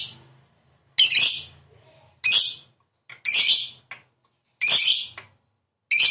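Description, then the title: Lovebird harsh screeching calls: loud grating shrieks repeated every second or so, with short quiet gaps between them. Lovebird of the 'fighter' type, 'gacor' (singing actively). "Berkat SUARA Lovebird FIGHTER GACOR Ini"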